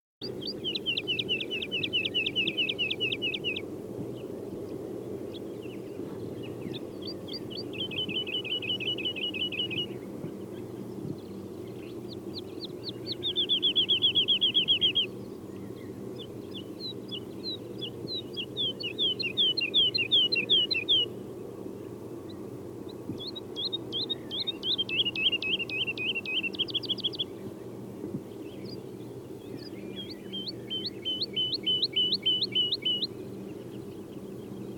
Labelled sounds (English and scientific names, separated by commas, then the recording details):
Wood Lark (Lullula arborea) song
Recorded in the wild
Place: Carpin, Mecklenburg-Vorpommern, DE
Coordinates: 53.359, 13.245
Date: 1980-04-13
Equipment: Nagra III BH, Sennheiser MD 21, parabola
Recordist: Schubert, Michael
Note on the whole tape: Fluggesang Heidelerche sehr vordergründig